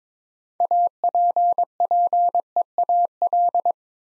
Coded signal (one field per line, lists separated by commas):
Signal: Morse code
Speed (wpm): 22 wpm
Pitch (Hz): 700 Hz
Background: none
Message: APPEAL